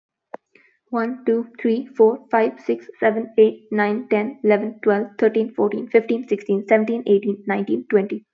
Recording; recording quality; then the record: counting at a fast pace; excellent, no background noise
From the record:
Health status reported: healthy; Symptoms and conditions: none ticked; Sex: female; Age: 20 years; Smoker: not ticked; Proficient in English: yes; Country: India